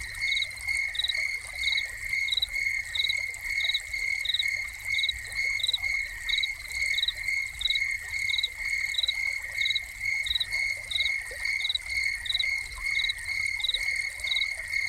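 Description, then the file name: Crickets: an unbroken high trill with crisp chirps repeating at an even, brisk rate throughout, over a soft bed of fountain water. Crickets recorded together with a running fountain. "Crickets and Fountain"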